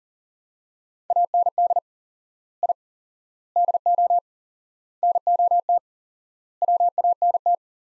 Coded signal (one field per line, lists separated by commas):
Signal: Morse code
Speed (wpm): 40 wpm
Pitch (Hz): 700 Hz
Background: none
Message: AND I DO NOT WANT